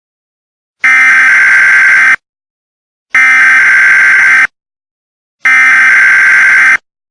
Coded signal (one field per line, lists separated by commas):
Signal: Emergency Alert System (SAME) tones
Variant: header bursts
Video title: EAS Scenario: Dinosaur Escape